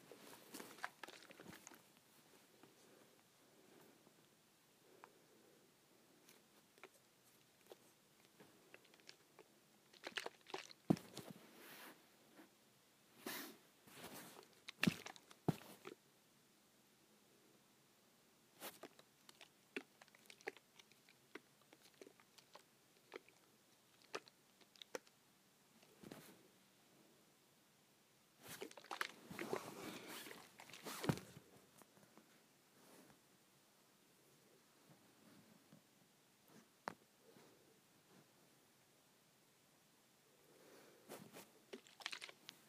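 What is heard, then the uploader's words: A hair spray bottle is shaken in short, irregular bouts, giving sharp rattling clicks and hissy bursts. The busiest stretches come around the 11–16 second mark and again near 28–31 seconds, with quieter pauses and scattered single knocks between them. ASMR Shaking Hair Spray Bottle.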